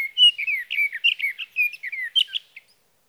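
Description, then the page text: Sage thrasher singing a brisk jumble of short warbled notes, mostly sliding downward, delivered quickly for a few seconds before stopping. Male singing through the night near his night roost, evening of June 12 to morning of June 15, 2018, Sierra Valley, California; Swift recorder. "61. Sage thrasher songs, through the night."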